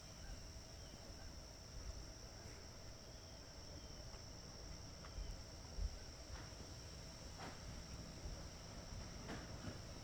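A heron's soft, irregular footfalls thud on a pontoon lift cover over a steady low rumble and a constant high insect-like whine.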